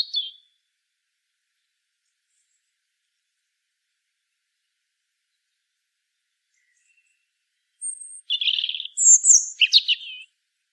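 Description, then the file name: European robin song, a brief high note at the start, then a long silence before a fluttering warbled phrase of sweet, sliding notes. "Erithacus rubecula"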